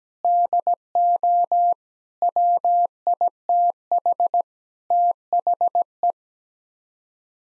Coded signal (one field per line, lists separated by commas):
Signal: Morse code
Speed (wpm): 17 wpm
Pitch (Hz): 700 Hz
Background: none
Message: DO WITH THE